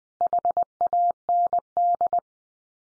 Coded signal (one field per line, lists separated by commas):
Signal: Morse code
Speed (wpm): 20 wpm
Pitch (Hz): 700 Hz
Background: none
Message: HAND